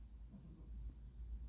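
A very fat female cat snoring, a low rumbling sound heard faintly in the background.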